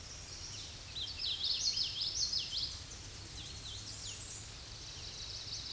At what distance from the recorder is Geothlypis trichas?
about 30 m